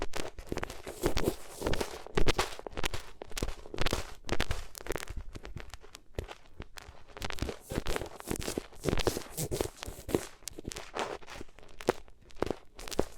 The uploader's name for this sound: Rubbing Your Ears on Different Materials